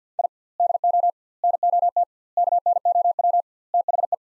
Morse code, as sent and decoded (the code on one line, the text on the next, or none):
.. / -.. --- / -. --- - / -.- -. --- .-- / - .... .
I DO NOT KNOW THE